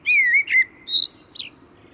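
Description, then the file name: Common blackbird, a short song phrase: a clear fluty whistle, a second lower note, a rising whistle, then a brief squeaky ending. "Turdus merula"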